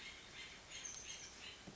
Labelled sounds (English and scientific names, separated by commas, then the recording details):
Oak Titmouse (Baeolophus inornatus)
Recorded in Sonoma County, California